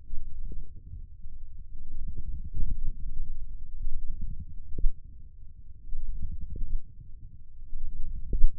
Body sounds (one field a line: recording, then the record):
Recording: forearm muscle sounds (acoustic myography)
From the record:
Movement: radial deviation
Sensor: system 1, eight BSWA MPA416 microphones around the upper forearm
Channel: 8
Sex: male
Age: 20 years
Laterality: left